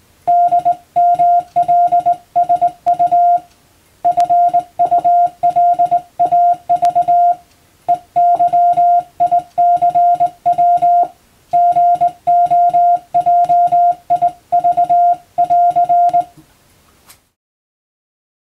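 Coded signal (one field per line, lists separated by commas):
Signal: Morse code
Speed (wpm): 20 wpm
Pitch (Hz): 700 Hz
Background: music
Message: DMLSU FULAV EYICW GOJIV <AR>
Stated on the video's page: Morse practice scene for a radio operator practical exam, recorded by a first-class radiotelegraph operator.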